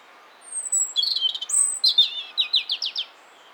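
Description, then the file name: European robin song: a thin high whistle, then warbled notes and a quick run of rising, tinkling trills in a fast sparkling phrase over quiet background. "Erithacus rubecula"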